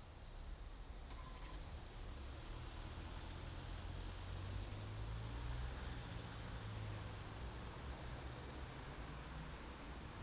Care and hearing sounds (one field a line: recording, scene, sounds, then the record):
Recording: everyday scene through a hearing-aid microphone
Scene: in traffic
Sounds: traffic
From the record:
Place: main city hub, rush hour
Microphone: in the ear canal, right